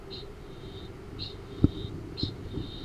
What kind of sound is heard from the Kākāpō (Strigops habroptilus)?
ching call